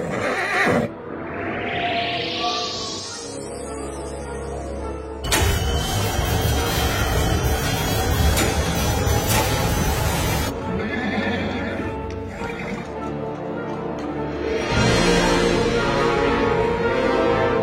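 A horse lets out a loud, high-pitched whinny that rises and wavers, set against busy, energetic background music and clattering sound effects.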